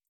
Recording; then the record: hydrophone in a shrimp aquaculture tank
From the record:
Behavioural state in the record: feeding